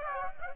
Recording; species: mosquito wingbeat signal from an infrared sensor; Aedes aegypti